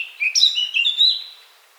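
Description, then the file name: Eurasian blackcap song, one brief phrase of several quick, clear notes stepping up and down, ending on a longer drawn-out note. "Sylvia atricapilla"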